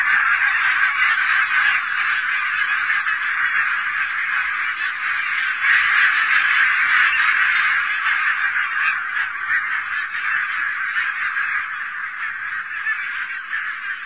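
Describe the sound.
Barnacle goose flock in full cry, many birds overlapping in rapid, high-pitched barking honks that stay steady and loud from start to finish.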